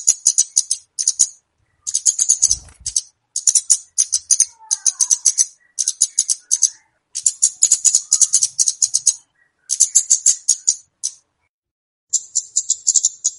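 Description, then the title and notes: Flowerpecker calls: dense bursts of very high, dry ticking notes, separated by short gaps. Call used to lure birds. "Kicau Untuk Pancing Burung Kemade ( Cabe Cabean). Suara Burung Cabe Cabean Pikat"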